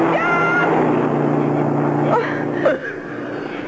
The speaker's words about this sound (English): Oh, wait. I hear a car coming. He'll help us. I'll wave him down.